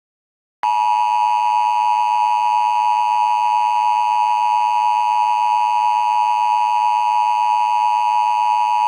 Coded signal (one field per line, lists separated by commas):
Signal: Emergency Alert System (SAME) tones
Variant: 853 and 960 Hz attention tone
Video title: EAS Scenario The Moncove Virus